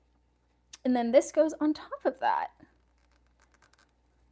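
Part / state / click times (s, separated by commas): wooden shelf piece into miniature dollhouse wall / seated / 0.7 s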